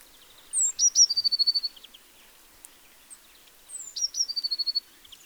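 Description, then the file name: Eurasian blue tit song: two identical phrases about three seconds apart, each high sharp notes dropping into a quick, steady trill. "Cyanistes caeruleus"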